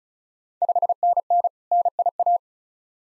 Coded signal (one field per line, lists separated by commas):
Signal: Morse code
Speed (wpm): 36 wpm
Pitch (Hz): 700 Hz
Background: none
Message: 5NN NIA